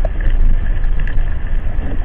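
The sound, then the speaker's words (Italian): A steady, deep mechanical rumble from seabed-sounding equipment in the sea off Pantelleria, Italy, droning on without a break, with a faint higher hum riding over it and no voices. “mi trovo praticamente nel mare di Pantelleria e quel rumore che voi state sentendo di sottofondo è un rumore che ascoltano tutti gli abitanti di Pantelleria da parecchio tempo.”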